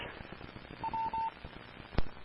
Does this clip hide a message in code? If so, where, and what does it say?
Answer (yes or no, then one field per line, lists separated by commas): no